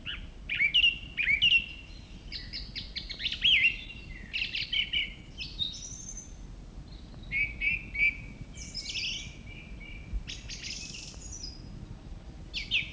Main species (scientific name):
Turdus philomelos